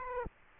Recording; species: mosquito wingbeat signal from an infrared sensor; Aedes aegypti